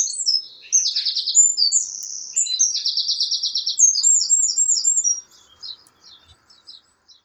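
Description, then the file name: Eurasian wren pours out a long, energetic song of shrill rattling trills and quick high notes lasting about five seconds, then fades to a few faint chirps. "Troglodytes troglodytes"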